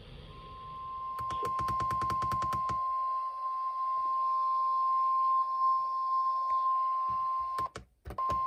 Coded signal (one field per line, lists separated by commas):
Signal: Emergency Alert System (SAME) tones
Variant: 1050 Hz attention tone